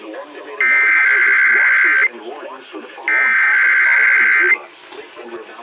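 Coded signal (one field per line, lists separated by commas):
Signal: Emergency Alert System (SAME) tones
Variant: header bursts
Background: speech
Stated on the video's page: Multiple EAS tests.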